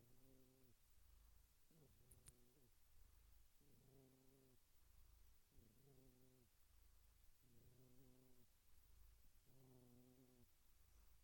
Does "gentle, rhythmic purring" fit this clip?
yes